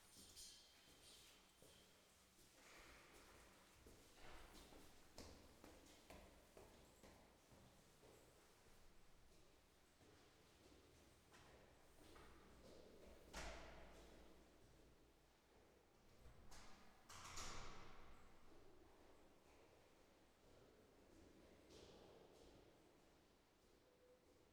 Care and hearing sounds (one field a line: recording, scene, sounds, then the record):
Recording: everyday scene through a hearing-aid microphone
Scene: reverberant space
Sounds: background noise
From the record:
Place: staircase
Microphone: behind the ear, right, front